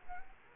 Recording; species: mosquito wingbeat signal from an infrared sensor; Culex quinquefasciatus